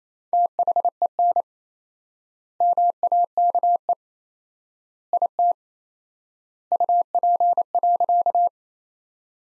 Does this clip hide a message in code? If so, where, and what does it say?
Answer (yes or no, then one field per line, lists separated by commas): yes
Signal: Morse code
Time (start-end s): 0.3-8.5 s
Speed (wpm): 28 wpm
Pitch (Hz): 700 Hz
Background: none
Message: THEN MAKE IT UP.